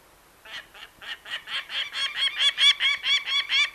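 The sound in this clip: Peregrine falcon calling with a series of harsh cacking notes that begin softly and grow louder, repeated rapidly.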